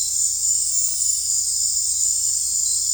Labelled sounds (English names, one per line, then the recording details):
none
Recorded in dense forest near Puerto Asís, Putumayo, Colombia, on 16 December 2024 at 19:30
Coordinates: 0.466, -76.327
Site G075